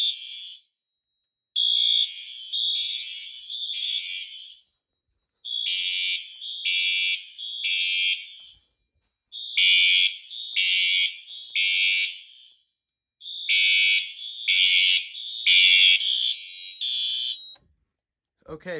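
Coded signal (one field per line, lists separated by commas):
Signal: alarm pattern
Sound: harsh electronic horn blasting in groups of three, pausing between groups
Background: second alarm device sounding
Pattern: temporal three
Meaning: Fire alarm evacuation signal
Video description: Devices in this video are coding themselves to temporal 3, but the panel is set to continuous.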